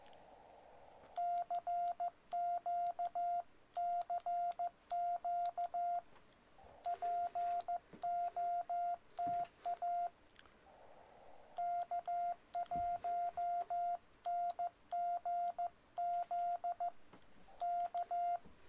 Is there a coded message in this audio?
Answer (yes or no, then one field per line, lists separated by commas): yes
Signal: Morse code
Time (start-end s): 1.2-18.4 s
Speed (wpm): 14 wpm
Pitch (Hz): 700 Hz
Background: none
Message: CQ CQ POTA K1NGZ K